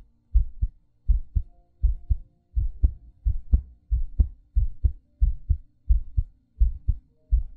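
Steady paired low thumps, the first and second heart sounds, repeat at about 85 beats a minute with a regular rhythm. A faint low background hum runs beneath them. This is a close ASMR rendering of an ordinary adult heartbeat with breathing.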